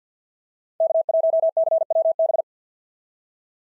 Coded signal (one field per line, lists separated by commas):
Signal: Morse code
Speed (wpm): 48 wpm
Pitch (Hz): 650 Hz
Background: none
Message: K1CWB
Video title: POTA QSO Practice - 50wpm